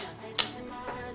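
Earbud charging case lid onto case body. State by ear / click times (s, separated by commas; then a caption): seated / 0.4 s. The plastic lid of a replica wireless-earbud charging case is closed onto the case body and shuts with a single sharp snap at 0.4 s, heard as a bright broadband click over low background music. The lid is confirmed seated with a clean, crisp snap.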